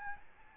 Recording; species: mosquito wingbeat signal from an infrared sensor; Aedes albopictus